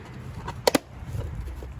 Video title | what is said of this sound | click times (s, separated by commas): Hawk 250 rear light bulb replacement | Pops right in. | 0.7 s